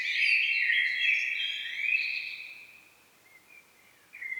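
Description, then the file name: Common blackbird song phrase, a loud flowing warble that fades into softer trailing notes before a brief new note at the end. "Turdus merula"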